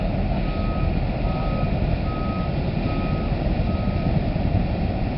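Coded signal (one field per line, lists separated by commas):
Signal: none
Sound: vehicle reversing beeps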